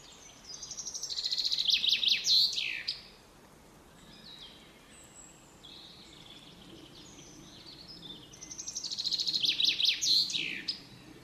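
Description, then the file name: Common chaffinch song: two bright descending trilled phrases, each ending in a quick flourish, about eight seconds apart, with fainter bird notes between them. "Fringilla coelebs"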